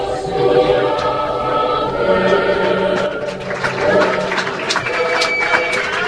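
An audience applauds, a dense wash of many hands clapping that runs steadily throughout and grows crisper and fuller in the second half, over a low crowd murmur.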